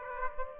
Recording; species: mosquito wingbeat signal from an infrared sensor; Aedes aegypti